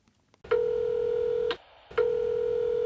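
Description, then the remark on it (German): An answering machine beep: a steady, mid-pitched electronic tone holds for about a second, breaks briefly, then sounds again and runs on to the end. No voices. “Sie hören eine Mitteilung auf Ihrem Anrufbeantworter.”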